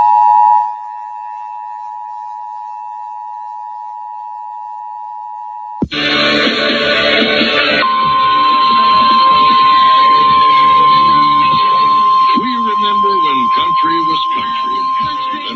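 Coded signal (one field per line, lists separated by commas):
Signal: Emergency Alert System (SAME) tones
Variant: 853 and 960 Hz attention tone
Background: speech, music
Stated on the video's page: Tornado watch alert on KALT-FM.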